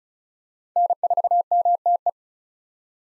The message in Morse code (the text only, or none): N4MTE